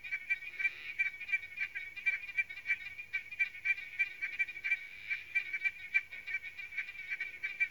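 Victorian smooth froglets calling: quick, overlapping clicky pulses forming a continuous rattling chorus without pause.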